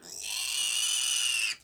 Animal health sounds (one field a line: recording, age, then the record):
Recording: pig call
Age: piglet (1 to 25 days)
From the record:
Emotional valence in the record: negative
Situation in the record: castration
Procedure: castration, cut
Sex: male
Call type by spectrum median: high-frequency call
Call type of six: high-frequency modulated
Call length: 1.64 s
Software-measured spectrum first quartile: 3024 Hz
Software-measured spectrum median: 4926 Hz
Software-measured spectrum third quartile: 7719 Hz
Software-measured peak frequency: 2898 Hz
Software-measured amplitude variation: 122 dB a second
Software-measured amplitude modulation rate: 33.6 a second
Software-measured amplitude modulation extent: 3.6 dB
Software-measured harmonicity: 2.5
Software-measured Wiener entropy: -2.01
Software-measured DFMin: 819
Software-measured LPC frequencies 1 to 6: 1308, 2828, 4488, 5048, 6014, 6825 Hz